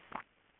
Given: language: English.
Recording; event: throat vibration sensor signal played as sound; swallow